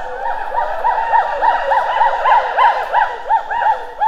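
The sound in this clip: Gibbon calls: loud arched whooping notes repeated about three times a second in a steady rhythm.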